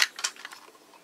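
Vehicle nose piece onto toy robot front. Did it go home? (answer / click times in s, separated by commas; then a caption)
no / none. A plastic vehicle nose piece is lined up peg-to-peg with the back pegs and pushed straight onto the front of a Takara Tomy Tomica Kizuna Gattai Earth Granner EG03 Buffagator toy robot. Two sharp plastic taps land at 0.0 s and 0.3 s, followed by softer small clicks of handling that fade away. Nothing has seated yet.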